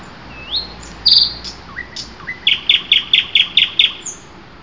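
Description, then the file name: Common nightingale song starting with a rising whistle and a buzzy note, then a rhythmic series of seven loud chirps in quick succession. Recorded 12 June 2008. "nightingale-080612"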